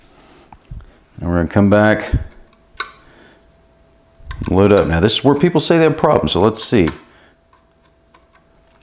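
A socket retention screw is placed into its threaded post on an MSI X399 SLI Plus Threadripper socket after the plate is loaded, and it catches its thread easily. Light metallic taps and handling noises are heard while someone talks. Nothing has seated yet.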